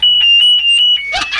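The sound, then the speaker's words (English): A high, steady electronic warning tone, pulsing in quick regular beats for about a second like a reversing truck's alarm, then broken off by a few harsh, noisy bursts. “Parang umaatras na ice cream truck, ha?”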